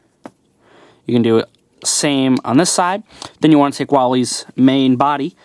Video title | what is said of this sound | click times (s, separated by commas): Video Review of the U-Repair Wall-E Figure | and that will click right into there | 0.3 s